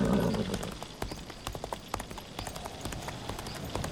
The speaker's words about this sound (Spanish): El caballo mordió el freno y corrió como enloquecido.